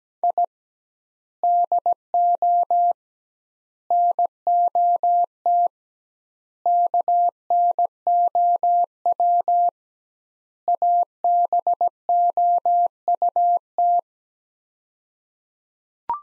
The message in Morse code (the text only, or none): I DO NOT KNOW ABOUT